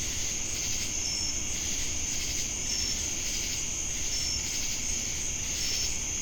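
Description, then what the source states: Crickets trilling steadily in a high, continuous chorus, with short bright chirps recurring about every one and a half seconds and pulsing cicada-like waves beneath, plus low rumbling noise. Crickets with cicadas, Jamestown, North Carolina, USA, 10 August 2018.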